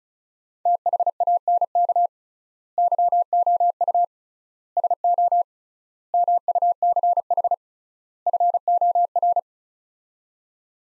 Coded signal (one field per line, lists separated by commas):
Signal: Morse code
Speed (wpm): 36 wpm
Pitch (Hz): 700 Hz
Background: none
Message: THANK YOU SO MUCH FOR